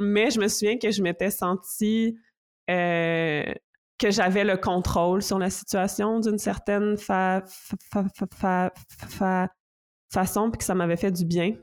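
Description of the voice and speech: Adult woman who stutters, speaking French, with a prolonged vowel, a long silent pause mid-sentence, and repeated part-syllable repetitions of the first sound of a word ("fa-fa-fa-façon") before continuing fluently.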